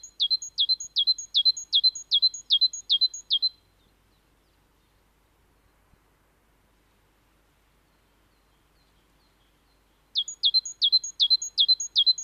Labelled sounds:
Great Tit song

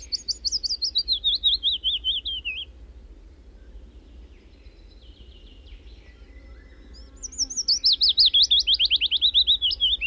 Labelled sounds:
Willow Warbler song

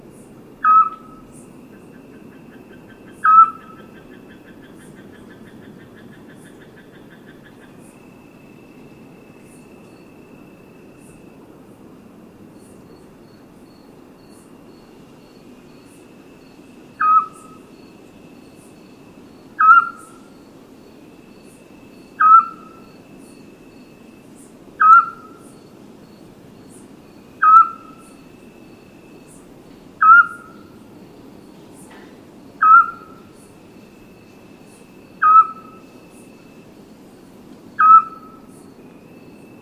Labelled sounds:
Eurasian Scops Owl

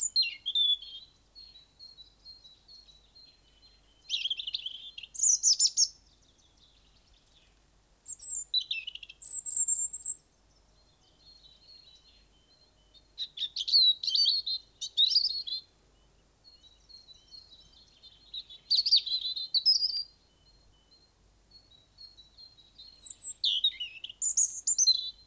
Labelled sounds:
European Robin song

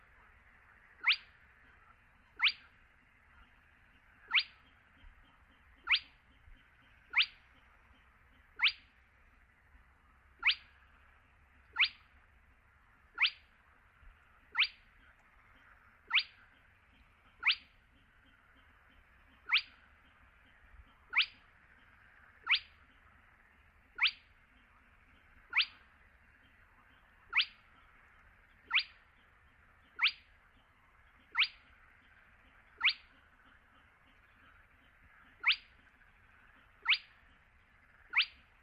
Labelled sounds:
Spotted Crake

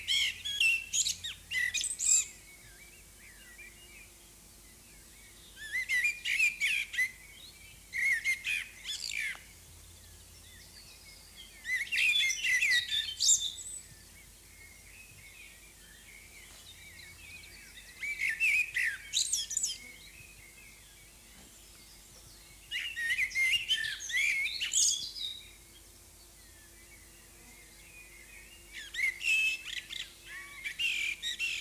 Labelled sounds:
Common Blackbird song

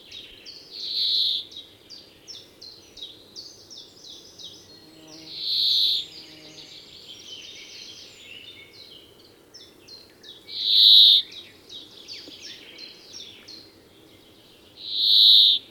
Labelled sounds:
Brambling

